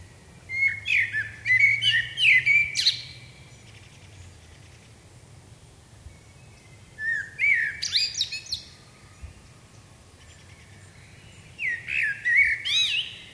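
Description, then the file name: Common blackbird song: three separate phrases, each opening with low mellow fluted warbling and ending in high, thin squeaky twitters, with silent gaps of several seconds between them. "Turdus merula"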